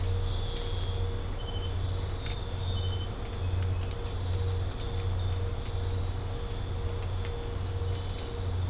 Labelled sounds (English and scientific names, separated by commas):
none